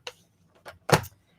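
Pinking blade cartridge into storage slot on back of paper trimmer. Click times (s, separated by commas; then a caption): 0.1 s. A pinking blade cartridge is pushed into its storage slot on the back of a paper trimmer and snaps into place with a sharp plastic click at 0.1 s, seating properly. A fainter tap follows near 0.7 s, then a louder burst of handling noise around 0.9–1.1 s.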